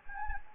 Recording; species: mosquito wingbeat signal from an infrared sensor; Anopheles gambiae